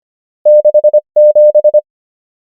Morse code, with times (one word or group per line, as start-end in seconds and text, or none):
0.5-1.0 6
1.2-1.8 7